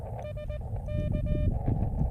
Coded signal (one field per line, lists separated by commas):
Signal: Morse code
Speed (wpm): 18 wpm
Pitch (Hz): 600 Hz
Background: none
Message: SK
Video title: Catch a Fish & a QRP QSO? Elecraft KX2 + Pico Paddle CW ~~~ K6ARK !!!